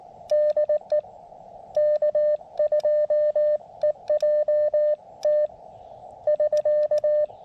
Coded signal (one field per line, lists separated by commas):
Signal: Morse code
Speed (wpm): 18 wpm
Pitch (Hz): 590 Hz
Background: none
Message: DE K2EJT <SK>